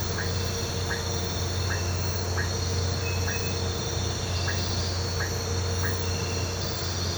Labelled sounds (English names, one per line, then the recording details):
none
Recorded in pastures near Puerto Asís, Putumayo, Colombia, on 13 March 2025 at 05:30
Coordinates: 0.466, -76.322
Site CSA-02